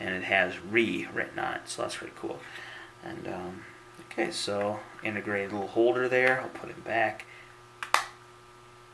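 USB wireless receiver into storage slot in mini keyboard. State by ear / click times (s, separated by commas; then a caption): seated / 7.9 s. Someone talks while sliding the small USB wireless receiver back into its plastic storage holder in a Riitek mini wireless keyboard. It snaps into place with a sharp click at 7.9 s, seating firmly so it won't fall out.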